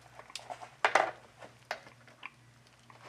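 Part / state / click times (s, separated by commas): roller shade head rail into mounting brackets / seated / 0.9 s, 1.7 s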